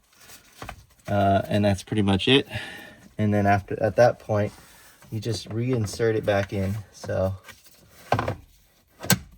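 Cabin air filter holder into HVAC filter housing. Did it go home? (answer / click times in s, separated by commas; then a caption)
yes / 9.1 s. A new cabin air filter on a 2004–2008 Acura TL is reinserted into the HVAC filter housing behind the glovebox, and its plastic cover/holder is pushed in until it seats. Someone talks, then a few light knocks come at about 8.1–8.3 s, and a sharp snap at 9.1 s marks the holder seating home.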